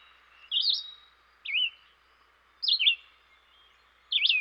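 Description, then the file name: Red-eyed vireo singing terse, clear up-and-down whistled phrases, four in quick succession, separated by brief pauses. "dan-gibsons-solitudes red-eyed-vireo"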